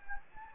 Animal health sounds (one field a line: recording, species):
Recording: mosquito wingbeat signal from an infrared sensor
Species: Anopheles gambiae